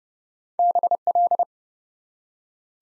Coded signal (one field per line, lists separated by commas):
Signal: Morse code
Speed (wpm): 30 wpm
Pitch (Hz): 700 Hz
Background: none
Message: BL